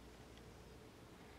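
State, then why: Not seated. The latch on a body-gripping metal trap is handled while the trap is being set, with steady low background noise and no distinct sharp sounds. The latch has not clicked home yet; nothing has seated by the end of the clip.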